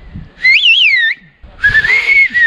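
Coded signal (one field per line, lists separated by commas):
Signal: whistled language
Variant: Turkish Kuş dili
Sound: two loud gliding whistled phrases, rising and falling pitch, with brief pause between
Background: outdoor background noise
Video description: We heard about a mountain village called Kuşköy where people communicate in a very special way!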